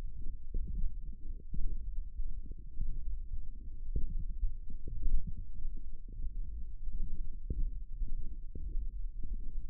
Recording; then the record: forearm muscle sounds (acoustic myography)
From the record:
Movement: radial deviation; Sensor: system 1, eight BSWA MPA416 microphones around the upper forearm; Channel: 8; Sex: male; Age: 18 years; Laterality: right